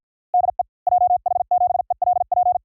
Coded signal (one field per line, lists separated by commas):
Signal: Morse code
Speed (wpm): 53 wpm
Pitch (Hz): 720 Hz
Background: none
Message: DE JH7ELP